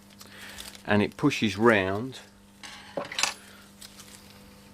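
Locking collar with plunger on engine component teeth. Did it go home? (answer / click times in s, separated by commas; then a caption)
yes / 3.2 s. A locking collar on the teeth of an engine component is pushed round by hand and clicks into its locked position at 3.2 seconds, with a plunger jumping out between the teeth to lock it on. Someone talks over the first half, then faint metallic scrapes and taps lead up to a sharp metal click. The collar is seated and locked.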